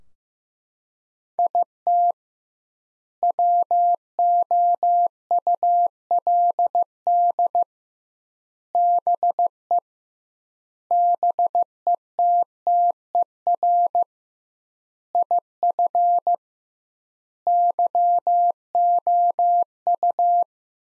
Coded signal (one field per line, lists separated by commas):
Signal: Morse code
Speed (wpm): 15 wpm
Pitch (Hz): 700 Hz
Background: none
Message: IT WOULD BE BETTER IF YOU